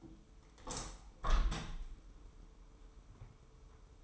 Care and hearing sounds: daily activity, microphone in the room; open window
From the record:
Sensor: 1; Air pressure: 995.8 hPa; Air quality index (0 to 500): 53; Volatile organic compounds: 2 ppm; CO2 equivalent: 1002 ppm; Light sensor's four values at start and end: 30/104/40/41 and 31/106/41/42

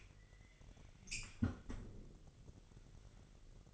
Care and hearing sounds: daily activity, microphone in the room; close fridge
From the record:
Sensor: 4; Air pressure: 1002.8 hPa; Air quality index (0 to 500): 248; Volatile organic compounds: 19 ppm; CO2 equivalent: 2656 ppm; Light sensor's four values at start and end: 4/9/3/4 and 4/9/3/4

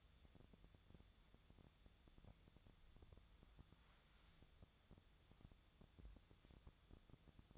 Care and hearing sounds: daily activity, microphone in the room; wipe stove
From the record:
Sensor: 3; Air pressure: 1004.8 hPa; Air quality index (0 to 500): 76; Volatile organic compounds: 2 ppm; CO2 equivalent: 1135 ppm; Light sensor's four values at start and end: 8/19/7/7 and 8/19/7/7

